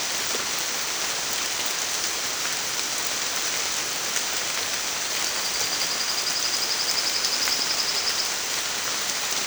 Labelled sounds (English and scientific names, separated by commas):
none